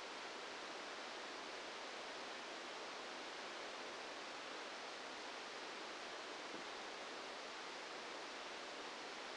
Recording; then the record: brain microelectrode recording played as sound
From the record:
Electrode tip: outside the subthalamic nucleus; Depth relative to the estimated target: -6 mm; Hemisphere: left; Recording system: NeuroSet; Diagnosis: Parkinson's disease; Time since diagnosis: 8 years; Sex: male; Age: 59 years